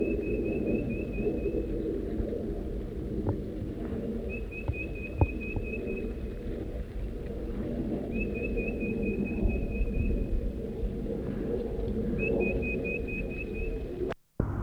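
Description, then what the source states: Crossbill chittering in four quick runs of short clipped notes, a few seconds apart, over a low steady hum. Adults chittering near the nest at about noon.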